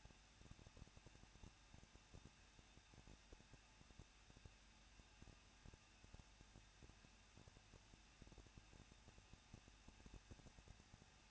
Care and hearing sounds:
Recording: daily activity, microphone in the room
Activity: no activity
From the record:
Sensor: 2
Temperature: 21.0 degrees Celsius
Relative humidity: 37.3%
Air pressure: 1006.2 hPa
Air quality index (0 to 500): 221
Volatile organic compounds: 24 ppm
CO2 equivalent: 2797 ppm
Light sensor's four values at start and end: 2/3/2/2 and 2/3/2/2

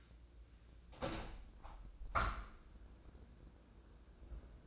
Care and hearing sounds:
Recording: daily activity, microphone in the room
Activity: open window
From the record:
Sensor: 2

